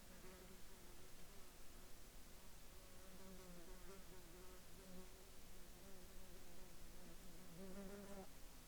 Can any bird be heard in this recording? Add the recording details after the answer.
no. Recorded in the Arctic National Wildlife Refuge, Alaska, on 10 July 2021 at 12:51. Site 41